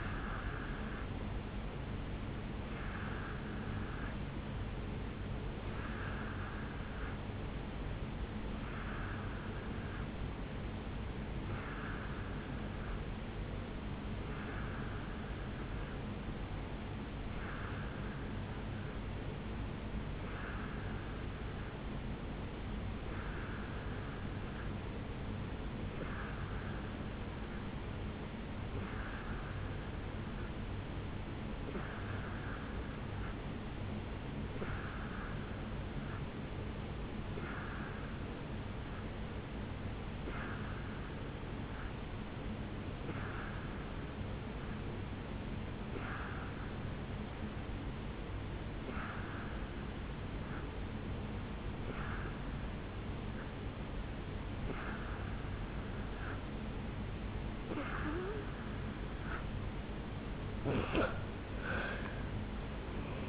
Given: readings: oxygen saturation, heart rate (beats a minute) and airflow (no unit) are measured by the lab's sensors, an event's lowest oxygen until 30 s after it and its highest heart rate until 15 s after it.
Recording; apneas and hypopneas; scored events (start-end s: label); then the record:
breathing in sleep by a voice recorder at the bedside; 1
4.00-57.30 s: hypopnea (N3, oxygen 91% highest, then 87% lowest, heart rate 65 at the start, 74 highest)
19.00-49.00 s: new sleep stage, N2 (light sleep)
49.00-63.29 s: new sleep stage, N1 (lightest sleep)
From the record:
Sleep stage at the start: N3 (deep sleep); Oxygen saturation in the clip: 87 to 91%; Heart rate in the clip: 64 to 72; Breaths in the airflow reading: 22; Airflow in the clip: -8.5 to 6.6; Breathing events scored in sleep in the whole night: 449 in 7.0 hours asleep